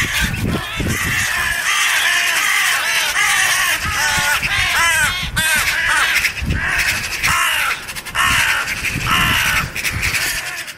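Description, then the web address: Western Jackdaw distress screaming, loud harsh calls from several birds overlapping in rapid irregular runs, with short pauses between bursts. A hawk attacked a jackdaw, and two other jackdaws gathered around and are screaming. "rzab kuropatwa zaatakowal kawke a wokol zgromadzily sie jeszcze dwie inne kawki i krzycza"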